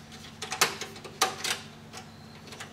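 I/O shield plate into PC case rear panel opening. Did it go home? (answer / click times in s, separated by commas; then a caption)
no / none. An I/O shield plate is being handled and pressed toward the rear panel opening of a PC case, giving a series of short metallic ticks and scrapes, the sharpest near 0.6 s and 1.2 s. The clip ends before the plate goes home, so nothing has seated or clicked yet.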